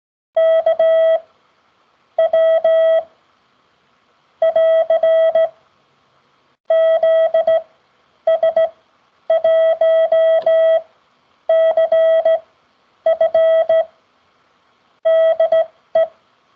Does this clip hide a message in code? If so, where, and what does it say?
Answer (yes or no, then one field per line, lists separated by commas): yes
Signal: Morse code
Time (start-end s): 0.4-16.0 s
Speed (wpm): 17 wpm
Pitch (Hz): 650 Hz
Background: none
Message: KW <AR> ZS1CF DE